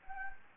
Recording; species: mosquito wingbeat signal from an infrared sensor; Anopheles gambiae